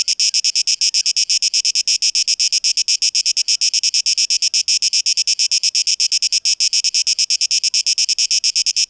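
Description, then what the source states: Cicada song, a loud and steady train of quick shrill pulses that holds an even rhythm throughout. Recorded 12 August 2023; tape-echo-processed mix.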